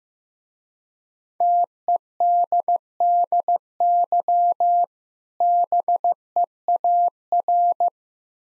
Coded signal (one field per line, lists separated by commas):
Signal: Morse code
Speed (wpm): 15 wpm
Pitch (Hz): 700 Hz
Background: none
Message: TEDDY BEAR